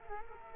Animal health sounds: mosquito wingbeat signal from an infrared sensor; Culex quinquefasciatus

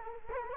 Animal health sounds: mosquito wingbeat signal from an infrared sensor; Culex quinquefasciatus

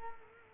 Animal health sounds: mosquito wingbeat signal from an infrared sensor; Culex quinquefasciatus

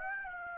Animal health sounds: mosquito wingbeat signal from an infrared sensor; Aedes aegypti

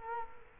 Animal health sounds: mosquito wingbeat signal from an infrared sensor; Culex quinquefasciatus

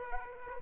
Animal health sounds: mosquito wingbeat signal from an infrared sensor; Aedes aegypti

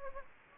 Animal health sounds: mosquito wingbeat signal from an infrared sensor; Anopheles gambiae

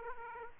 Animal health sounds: mosquito wingbeat signal from an infrared sensor; Aedes aegypti

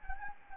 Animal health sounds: mosquito wingbeat signal from an infrared sensor; Anopheles gambiae

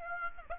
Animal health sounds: mosquito wingbeat signal from an infrared sensor; Aedes aegypti

